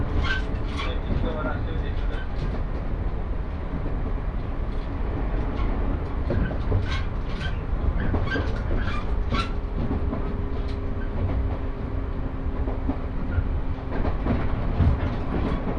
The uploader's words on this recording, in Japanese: 耳で楽しむ鉄道旅 赤穂線 岡山→西大寺。岡山からは赤穂線に乗車して西大寺に向かいます。